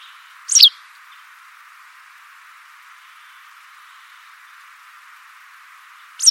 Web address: Bird Only More Classes